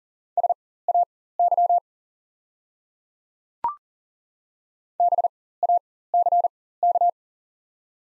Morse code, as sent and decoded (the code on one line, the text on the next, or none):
... .- -.-- / -... .- -.-. -.-
SAY BACK